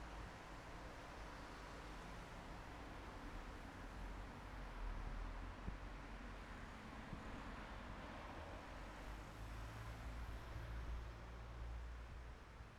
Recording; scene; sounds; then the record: everyday scene through a hearing-aid microphone; in traffic; traffic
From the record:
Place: bus stop on a city main road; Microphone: behind the ear, right, front